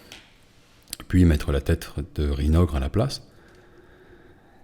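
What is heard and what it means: A clip-fitted, articulated plastic head is pulled off a miniature's neck clip joint to swap it. A sharp plastic snap at 0.9 s marks the head coming free, and then someone talks.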